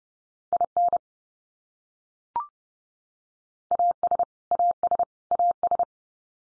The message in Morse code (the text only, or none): IN AS AS AS